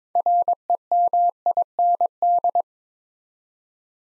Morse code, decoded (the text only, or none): REMIND